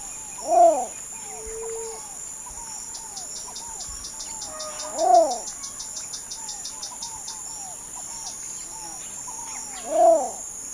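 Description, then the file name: Least bittern repeating a low, arched cooing note about every five seconds, with faint whistles from other birds and a constant high insect buzz behind. "canto do socoi vermelho"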